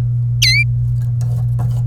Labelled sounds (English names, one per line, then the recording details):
Domestic Canary song
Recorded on 26 April 2018 at 17:05
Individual llb3